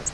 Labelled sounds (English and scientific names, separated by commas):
Virginia's Warbler (Leiothlypis virginiae) flight call